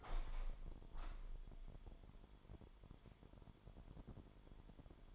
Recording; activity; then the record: daily activity, microphone in the room; open window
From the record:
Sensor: 5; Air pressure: 998.0 hPa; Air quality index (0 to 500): 98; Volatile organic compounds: 2 ppm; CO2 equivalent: 1112 ppm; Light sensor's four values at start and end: 27/65/27/29 and 27/65/27/29